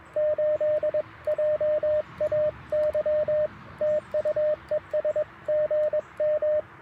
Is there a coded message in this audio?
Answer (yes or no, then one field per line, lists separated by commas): yes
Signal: Morse code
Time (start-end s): 0.2-6.6 s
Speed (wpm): 22 wpm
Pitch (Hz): 590 Hz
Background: radio noise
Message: 8JAY TU ES GM